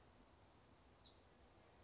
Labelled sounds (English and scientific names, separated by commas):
Hutton's Vireo (Vireo huttoni)